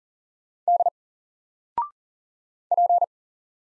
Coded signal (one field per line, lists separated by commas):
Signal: Morse code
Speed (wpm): 40 wpm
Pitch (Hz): 700 Hz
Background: none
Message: D P